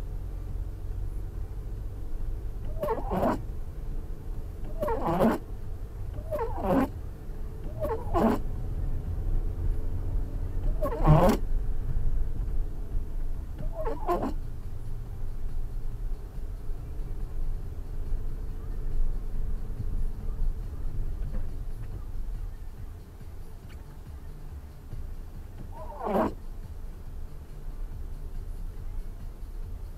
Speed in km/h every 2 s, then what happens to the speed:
9, 10, 10, 12, 17, 19, 16, 13, 14, 16, 12, 7, 4, 5, 7.
0-10 speeds up to 19. 10-14 slows to 13. 14-19 steady at about 14. 19-24 slows to 4. 24-30 steady at about 5.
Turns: none.